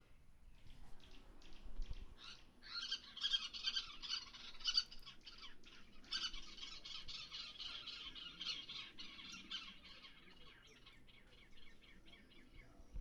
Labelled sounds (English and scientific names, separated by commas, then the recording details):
Great Spotted Cuckoo (Clamator glandarius)
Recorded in northern Uganda